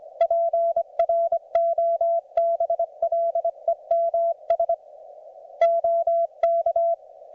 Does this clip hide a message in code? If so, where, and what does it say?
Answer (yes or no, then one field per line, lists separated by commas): yes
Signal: Morse code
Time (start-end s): 0.2-6.9 s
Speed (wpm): 24 wpm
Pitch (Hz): 690 Hz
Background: none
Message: PROBLEMS OK